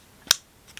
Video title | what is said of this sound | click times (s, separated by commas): Insta360 X3 Unboxing & First Impressions: Worth the Hype for Travel & Action? | this part looks like it's in we heard the snapping but | 0.3 s